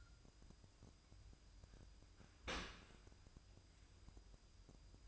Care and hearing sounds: daily activity, microphone in the room; open dishwasher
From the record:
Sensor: 2

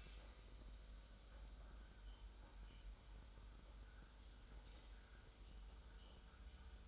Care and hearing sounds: daily activity, microphone in the room; make coffee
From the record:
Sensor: 3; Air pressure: 991.7 hPa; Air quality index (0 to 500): 180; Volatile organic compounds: 1000 ppm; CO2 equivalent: 6019 ppm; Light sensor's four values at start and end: 40/115/47/41 and 40/115/47/41

